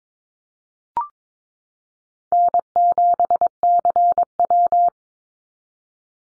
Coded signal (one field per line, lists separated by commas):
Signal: Morse code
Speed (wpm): 22 wpm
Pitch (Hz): 700 Hz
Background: none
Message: N7CW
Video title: NA SOTA Activator Callsigns 22wpm